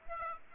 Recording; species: mosquito wingbeat signal from an infrared sensor; Aedes aegypti